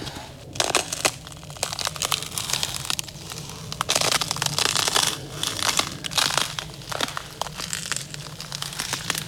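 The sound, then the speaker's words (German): Crackling ice crunching underfoot, a steady run of sharp, brittle crunches and snaps repeating with each step, with a low rumble underneath and no talking. “Knistereis.”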